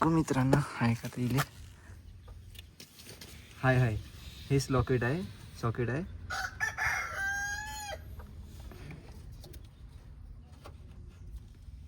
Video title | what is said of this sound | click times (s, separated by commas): Itne saare lock 🔐😱#Viral#trending#lock#car#YouTube#ytvideo#Shorts | लागलं lock नाही झालं ना? | none